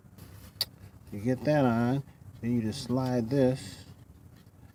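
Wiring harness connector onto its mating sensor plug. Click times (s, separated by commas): 0.6 s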